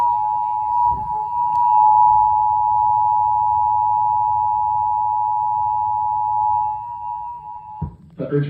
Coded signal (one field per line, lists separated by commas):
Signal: Emergency Alert System (SAME) tones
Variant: 853 and 960 Hz attention tone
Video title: SVR WWG56-KDO94-98.9FM EAS-471-472-473